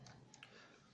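A RAM module is pressed with two thumbs into a motherboard memory slot, and its side retention clips snap shut with sharp clicks at 0.3 s and 0.4 s after a faint tick near 0.1 s. The clicks show the RAM is seated and installed.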